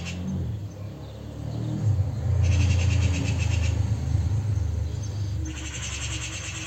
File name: Pica pica